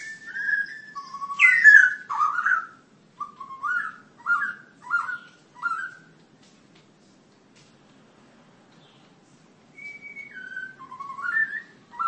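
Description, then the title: Long-tailed shrike giving a varied burst of whistled notes, then a short series of slurred rising notes about half a second apart, a pause, and a few more whistles. "Kicau Burung Pentet"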